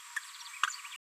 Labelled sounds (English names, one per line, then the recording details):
Green-rumped Parrotlet babbling
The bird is a female
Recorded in a nest box in Venezuela
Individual 17B73B2